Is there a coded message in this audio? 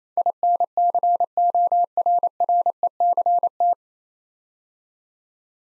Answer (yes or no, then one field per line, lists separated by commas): yes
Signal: Morse code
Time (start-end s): 0.2-3.7 s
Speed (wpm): 28 wpm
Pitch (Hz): 700 Hz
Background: none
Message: INCORRECT